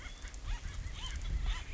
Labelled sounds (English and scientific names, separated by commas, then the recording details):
Acorn Woodpecker (Melanerpes formicivorus)
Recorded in Sonoma County, California